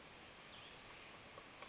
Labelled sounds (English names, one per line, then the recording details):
Brown Creeper
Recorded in Sonoma County, California